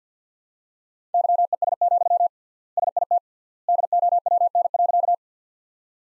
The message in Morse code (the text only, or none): YES, SIT DOWN.